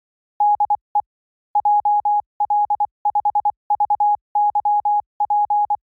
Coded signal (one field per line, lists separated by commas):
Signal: Morse code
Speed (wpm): 24 wpm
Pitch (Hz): 830 Hz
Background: none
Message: DE JL5VYP